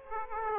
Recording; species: mosquito wingbeat signal from an infrared sensor; Aedes aegypti